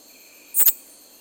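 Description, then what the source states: Katydid Promeca borneana giving one brief, very high, double-pulsed chirp over a quiet hissing background. 27 April 1993; whole call sequence, kept as a voucher.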